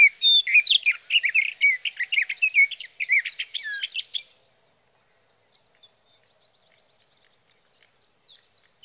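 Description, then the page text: Sage thrasher song: four seconds of fast, tumbling warbled phrases, then silence followed by faint, evenly spaced high notes. Male singing through the night from his night roost, June 12–15, 2018, Sierra Valley, California; recorded with a Swift recorder. "Birdsong for the Curious Naturalist: Explore #7. 61. Sage thrasher songs, through the night. from the evening of June 12 to the morning of June 15, 2018, in Sierra Valley, California"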